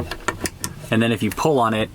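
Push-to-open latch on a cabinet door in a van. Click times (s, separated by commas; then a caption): 0.3 s. A cabinet door in an E-350 van is pushed shut, and its push-to-open latch clicks into place at 0.3 s among a few other short taps and knocks near 0.1, 0.5 and 0.6 s. Someone then talks. The latch is seated, so pulling the door won't open it until it is pushed in again, which keeps things from flying out while driving.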